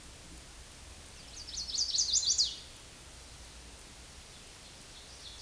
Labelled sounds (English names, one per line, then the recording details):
Chestnut-sided Warbler song
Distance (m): 10 m
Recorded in a Pennsylvania forest on 17 May 2023 at 13:54
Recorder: AudioMoth, point grid1_6_low
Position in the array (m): 189 m, 41 m